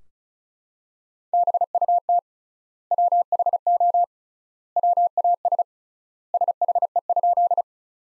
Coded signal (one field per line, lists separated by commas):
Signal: Morse code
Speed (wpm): 36 wpm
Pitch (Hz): 700 Hz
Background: none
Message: BUT WHO WAS SHE?